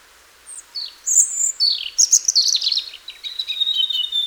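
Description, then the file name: European robin song with piercing high notes, then a cascading, trilling run that ends in a thin, sustained wavering whistle. "Erithacus rubecula"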